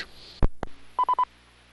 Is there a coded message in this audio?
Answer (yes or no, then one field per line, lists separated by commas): no